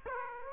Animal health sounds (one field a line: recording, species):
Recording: mosquito wingbeat signal from an infrared sensor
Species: Aedes aegypti